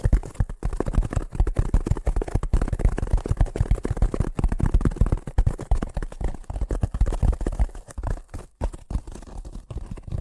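Fast tapping runs for the whole clip: dense, rapid, slightly uneven taps with a dull, low, thudding body. The pace stays quick through most of it, then grows sparser with brief gaps after about eight seconds.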